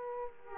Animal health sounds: mosquito wingbeat signal from an infrared sensor; Aedes aegypti

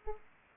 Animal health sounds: mosquito wingbeat signal from an infrared sensor; Aedes aegypti

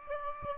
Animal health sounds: mosquito wingbeat signal from an infrared sensor; Aedes aegypti

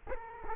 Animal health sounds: mosquito wingbeat signal from an infrared sensor; Culex quinquefasciatus

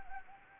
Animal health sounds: mosquito wingbeat signal from an infrared sensor; Anopheles gambiae

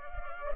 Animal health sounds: mosquito wingbeat signal from an infrared sensor; Culex pipiens

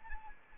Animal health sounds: mosquito wingbeat signal from an infrared sensor; Anopheles arabiensis

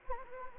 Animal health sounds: mosquito wingbeat signal from an infrared sensor; Anopheles gambiae

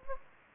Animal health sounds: mosquito wingbeat signal from an infrared sensor; Anopheles gambiae

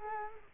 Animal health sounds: mosquito wingbeat signal from an infrared sensor; Culex quinquefasciatus

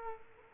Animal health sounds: mosquito wingbeat signal from an infrared sensor; Culex quinquefasciatus

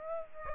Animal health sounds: mosquito wingbeat signal from an infrared sensor; Aedes aegypti

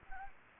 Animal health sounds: mosquito wingbeat signal from an infrared sensor; Anopheles gambiae

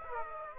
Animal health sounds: mosquito wingbeat signal from an infrared sensor; Aedes aegypti

